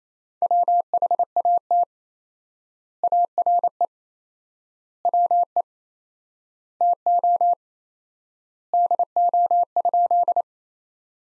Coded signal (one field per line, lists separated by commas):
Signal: Morse code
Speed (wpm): 28 wpm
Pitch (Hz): 700 Hz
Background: none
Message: WHAT ARE WE TO DO?